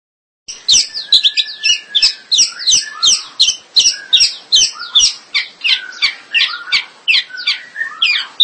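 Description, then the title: Long-tailed shrike song of rapid repeated chirping notes, nearly three per second, mixed with short whistled slurs and scratchy phrases. "Kicau Burung Pentet"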